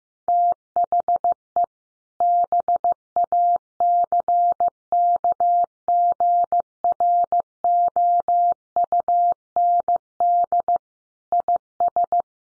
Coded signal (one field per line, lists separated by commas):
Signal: Morse code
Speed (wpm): 15 wpm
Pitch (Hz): 700 Hz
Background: none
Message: THE BACKGROUND IS